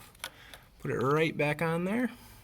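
A wiring harness connector with its retaining clip is handled at the idle air control valve of a 2001 Ford Ranger truck engine, with a few faint sharp handling ticks early on. Someone then talks. Nothing has seated or clicked yet.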